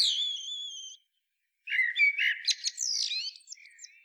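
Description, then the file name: Common blackbird song: a drawn-out whistled note, then after a brief silence a rich warbling phrase with squeaky high flourishes follows. "Turdus merula"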